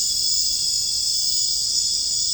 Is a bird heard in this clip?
no